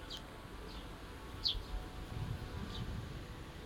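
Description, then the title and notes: Bird chirps: short, thin high notes scattered about once a second, one louder double chirp midway, over a low steady background rumble. Birds singing in a small garden in a corner of Yushima Tenjin shrine, Tokyo, surrounded by buildings, after rain; binaural. "小鳥のさえずり、雨上がりの庭園にて（Binaural）- Birds singing in the garden. 湯島天神の片隅にある小さな庭園で録音しました。"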